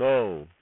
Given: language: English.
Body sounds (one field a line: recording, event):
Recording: throat vibration sensor signal played as sound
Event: speech